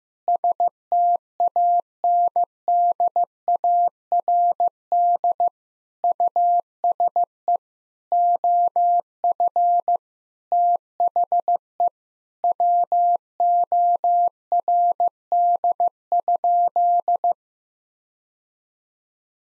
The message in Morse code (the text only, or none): STANDARD USE OF THE WORD?